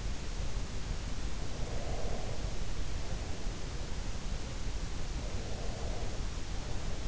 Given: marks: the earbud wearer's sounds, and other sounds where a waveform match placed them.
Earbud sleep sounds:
sounds in sleep by an in-ear microphone; breath
1.45-3.47 s: breath
5.13-7.08 s: breath

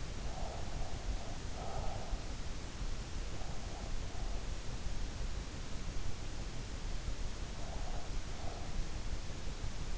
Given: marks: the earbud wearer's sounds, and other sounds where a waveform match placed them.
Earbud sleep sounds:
sounds in sleep by an in-ear microphone; breath
0.00-2.41 s: breath
7.49-9.00 s: breath

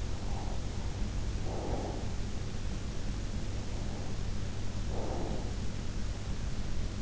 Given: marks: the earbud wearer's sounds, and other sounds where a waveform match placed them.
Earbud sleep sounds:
sounds in sleep by an in-ear microphone; breath
0.16-2.34 s: breath
3.70-5.52 s: breath

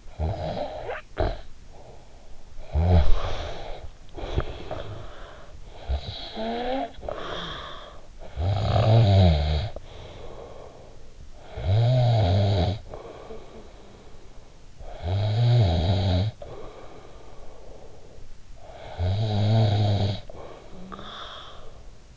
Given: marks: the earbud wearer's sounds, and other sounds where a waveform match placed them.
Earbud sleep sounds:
sounds in sleep by an in-ear microphone; snoring breath
0.00-22.17 s: snoring breath

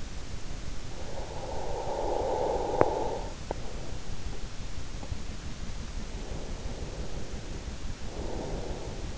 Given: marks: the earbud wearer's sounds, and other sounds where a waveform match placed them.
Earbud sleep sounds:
sounds in sleep by an in-ear microphone; breath
1.28-3.59 s: breath
2.53-2.98 s: sound from someone else or the room
6.31-9.18 s: breath

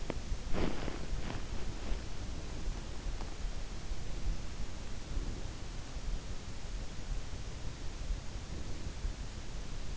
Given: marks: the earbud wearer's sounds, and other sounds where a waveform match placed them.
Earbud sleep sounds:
sounds in sleep by an in-ear microphone; body movement
0.00-1.93 s: body movement

